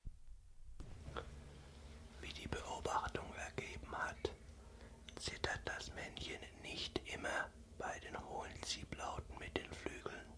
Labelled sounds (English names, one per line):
Common Chiffchaff